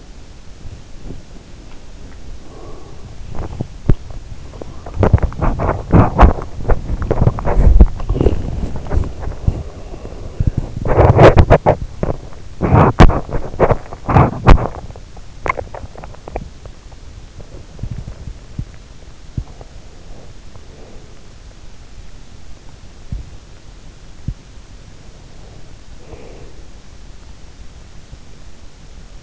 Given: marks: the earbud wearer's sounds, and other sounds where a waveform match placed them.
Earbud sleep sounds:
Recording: sounds in sleep by an in-ear microphone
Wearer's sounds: body movement, breath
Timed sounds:
0.29-19.29 s: body movement
19.29-21.54 s: breath
24.74-26.94 s: breath

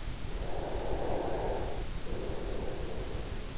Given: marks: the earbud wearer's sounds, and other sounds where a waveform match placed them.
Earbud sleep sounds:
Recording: sounds in sleep by an in-ear microphone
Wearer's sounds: breath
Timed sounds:
0.43-3.45 s: breath

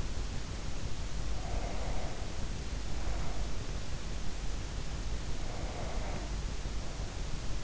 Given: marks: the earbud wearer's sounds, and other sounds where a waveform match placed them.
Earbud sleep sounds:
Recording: sounds in sleep by an in-ear microphone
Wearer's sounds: breath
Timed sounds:
1.08-3.90 s: breath
5.05-7.64 s: breath

